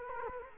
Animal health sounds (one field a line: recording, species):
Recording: mosquito wingbeat signal from an infrared sensor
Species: Culex quinquefasciatus